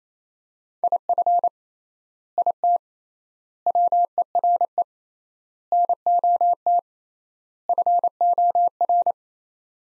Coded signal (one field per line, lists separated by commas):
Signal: Morse code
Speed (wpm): 27 wpm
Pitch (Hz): 700 Hz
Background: none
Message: IF IT WERE NOT FOR